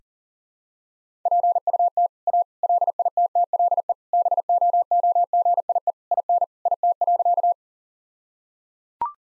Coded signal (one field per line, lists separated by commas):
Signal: Morse code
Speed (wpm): 37 wpm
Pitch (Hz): 700 Hz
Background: none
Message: PUT A LITTLE BOOGIE IN IT.